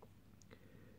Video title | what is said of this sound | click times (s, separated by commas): YSL LHOMME Edition Art Unboxing and Review | the cap clicks into place you can actually pull | 0.4 s